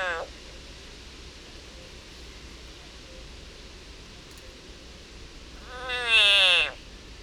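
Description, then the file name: Frog distress call: the tail of one scream opens the recording, then long quiet hiss, then a second harsh, downward-sliding wail near the end. Frog in agony. "Yannick Dauby agony of a frog"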